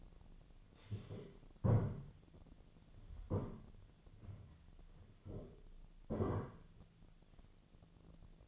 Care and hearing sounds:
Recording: daily activity, microphone in the room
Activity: stand up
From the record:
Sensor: 4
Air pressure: 1008.9 hPa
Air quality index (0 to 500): 170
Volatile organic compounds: 5 ppm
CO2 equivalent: 1712 ppm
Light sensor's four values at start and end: 23/73/28/27 and 23/73/28/27

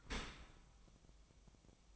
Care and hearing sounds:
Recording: daily activity, microphone in the room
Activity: open dishwasher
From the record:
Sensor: 1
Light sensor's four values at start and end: 9/21/8/9 and 9/21/8/9

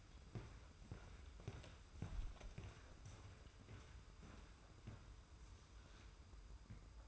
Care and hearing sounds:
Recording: daily activity, microphone in the room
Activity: walk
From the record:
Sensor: 2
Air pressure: 990.6 hPa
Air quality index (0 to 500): 180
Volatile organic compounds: 1000 ppm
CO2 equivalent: 5726 ppm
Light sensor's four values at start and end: 26/62/25/25 and 27/65/26/27

